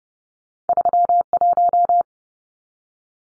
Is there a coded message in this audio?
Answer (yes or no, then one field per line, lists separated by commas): yes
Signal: Morse code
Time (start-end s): 0.7-2.0 s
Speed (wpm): 30 wpm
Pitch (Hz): 700 Hz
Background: none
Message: 31